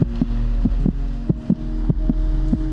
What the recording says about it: They're holding the heart machine, and she has it faced toward him, so you'll hear his heartbeat.